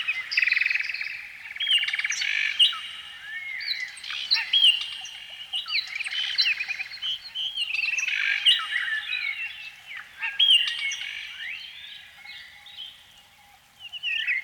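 Canary song, a continuous run of bright twittering phrases with quick rising and falling whistles, trills and chirps, varying in loudness throughout.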